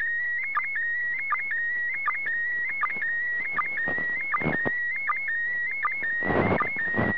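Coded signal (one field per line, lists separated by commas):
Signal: SSTV (slow-scan television)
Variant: PD 180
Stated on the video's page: SSTV received from the International Space Station.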